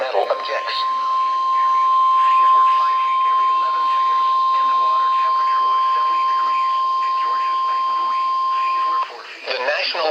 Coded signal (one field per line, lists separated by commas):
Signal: Emergency Alert System (SAME) tones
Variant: 1050 Hz attention tone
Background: speech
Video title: YYWA: Episode 10 - EAS Alerts #208-#212 from 09/13/2022